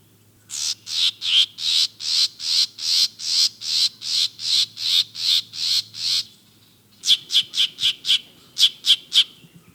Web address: Yellow-throated Vireo